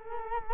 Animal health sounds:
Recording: mosquito wingbeat signal from an infrared sensor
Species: Culex quinquefasciatus

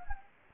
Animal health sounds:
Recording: mosquito wingbeat signal from an infrared sensor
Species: Anopheles gambiae

